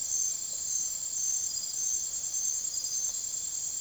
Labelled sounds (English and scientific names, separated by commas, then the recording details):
none
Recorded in secondary vegetation near Puerto Asís, Putumayo, Colombia, on 25 June 2025 at 05:00
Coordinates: 0.489, -76.322
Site G021